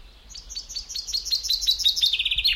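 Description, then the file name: Common chaffinch song: a quick run of bright, sharp notes that speeds into a descending trill. "Fringilla coelebs"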